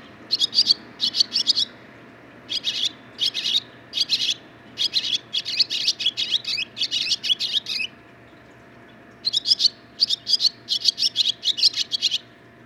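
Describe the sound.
Barn swallow song, long runs of rapid scratchy twittering notes broken by short pauses, loud and steady against a faint hum.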